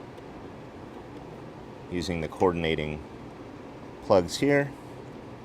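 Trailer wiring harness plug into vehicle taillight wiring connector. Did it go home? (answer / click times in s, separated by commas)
no / none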